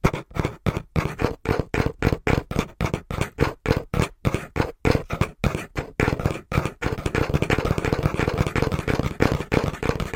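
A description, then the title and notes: Fingers tap a cardboard box in a quick, even rhythm of dull hollow knocks that speed up into a near-continuous drumming after six seconds. ASMR Tapping (Fast & Rhythmic) On Cardboard Box (No Talking).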